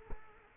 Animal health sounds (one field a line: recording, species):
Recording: mosquito wingbeat signal from an infrared sensor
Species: Culex quinquefasciatus